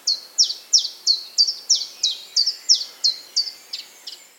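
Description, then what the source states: Common chiffchaff song, clear high clipped downslurred notes repeated steadily about three times a second. Played example of song, remembered by the mnemonic 'тетенька, тетенька', as if calling some lady; the bird 'tenkaet'.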